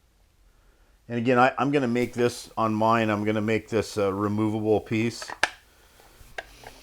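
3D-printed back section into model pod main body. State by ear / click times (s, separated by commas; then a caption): seated / 6.4 s. Someone talks while pressing the 3D-printed resin back section of a model pod onto the main body. It snaps into place with a sharp click at 6.4 s and has a little play, because it is meant to be a removable piece.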